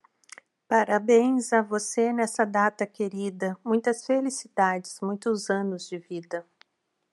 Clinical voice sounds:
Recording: short text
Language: Brazilian Portuguese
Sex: female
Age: 40 to 49 years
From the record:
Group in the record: control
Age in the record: 49 years

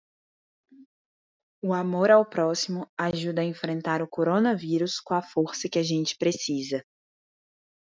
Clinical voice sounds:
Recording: spoken sentence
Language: Brazilian Portuguese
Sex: female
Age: 20 to 29 years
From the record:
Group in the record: control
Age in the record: 22 years

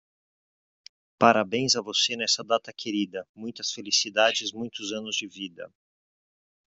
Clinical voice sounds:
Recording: short text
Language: Brazilian Portuguese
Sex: male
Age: 50 to 59 years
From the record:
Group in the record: control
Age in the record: 57 years

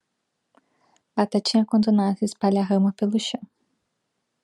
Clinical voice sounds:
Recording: short text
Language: Brazilian Portuguese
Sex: female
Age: 20 to 29 years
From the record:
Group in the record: control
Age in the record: 27 years

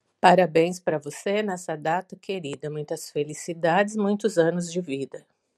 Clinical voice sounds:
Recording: short text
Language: Brazilian Portuguese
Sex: female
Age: 50 to 59 years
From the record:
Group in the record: control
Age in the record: 58 years

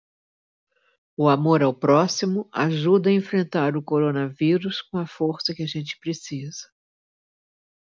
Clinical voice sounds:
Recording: spoken sentence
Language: Brazilian Portuguese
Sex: female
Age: 60 to 69 years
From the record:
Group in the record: control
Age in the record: 68 years

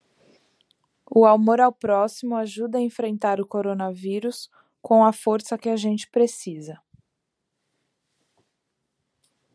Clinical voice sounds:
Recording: spoken sentence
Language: Brazilian Portuguese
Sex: female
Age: 20 to 29 years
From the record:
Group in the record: control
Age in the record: 28 years

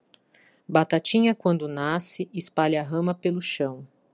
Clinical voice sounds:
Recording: short text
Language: Brazilian Portuguese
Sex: female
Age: 40 to 49 years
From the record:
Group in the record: control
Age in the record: 41 years

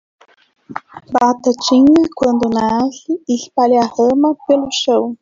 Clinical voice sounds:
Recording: short text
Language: Brazilian Portuguese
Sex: female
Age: 30 to 39 years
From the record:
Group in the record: control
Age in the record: 34 years

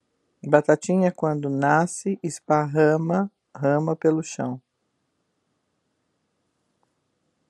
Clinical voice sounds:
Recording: short text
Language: Brazilian Portuguese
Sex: female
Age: 50 to 59 years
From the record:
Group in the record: control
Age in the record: 57 years

